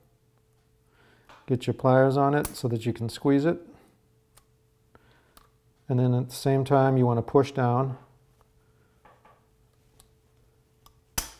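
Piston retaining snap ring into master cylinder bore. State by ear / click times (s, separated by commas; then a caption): partly seated / 11.2 s. Someone talks while a piston retaining snap ring is squeezed with pliers and pushed down into a master cylinder bore, with a few faint small clicks along the way. At 11.2 s a sharp little click is heard as the snap ring goes roughly into place, only partly seated and still to be finished with a screwdriver.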